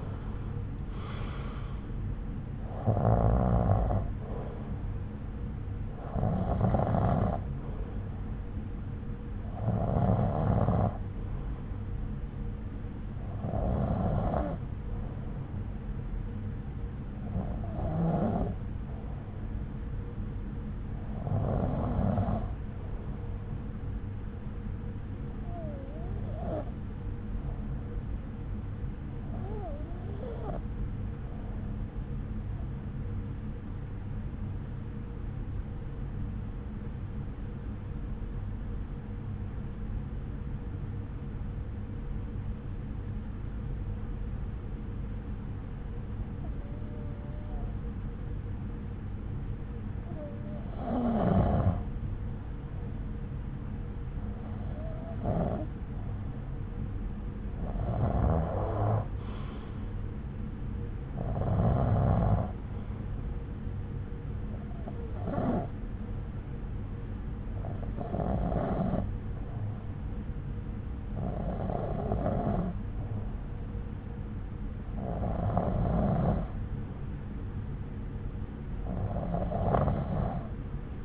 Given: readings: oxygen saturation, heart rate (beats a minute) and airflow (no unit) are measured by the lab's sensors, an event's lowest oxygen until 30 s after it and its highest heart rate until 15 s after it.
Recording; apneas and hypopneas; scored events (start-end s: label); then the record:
breathing in sleep by a smartphone at the bedside; 1
8.00-81.05 s: new sleep stage, N1 (lightest sleep)
28.00-52.90 s: hypopnea (N1, oxygen 96% highest, then 92% lowest)
From the record:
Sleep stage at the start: N2 (light sleep); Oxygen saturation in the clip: 89 to 96%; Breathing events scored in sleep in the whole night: 303 in 8.1 hours asleep